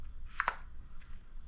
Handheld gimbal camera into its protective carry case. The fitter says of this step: snaps right in it's amazing that right there throw it in your pocket and go